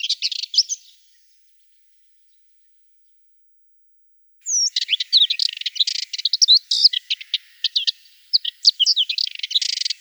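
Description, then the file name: Subalpine warbler song: a short scratchy snatch, a pause of several seconds, then an extended run of fast, twittering, high-pitched warbling. "Slavka belousaja"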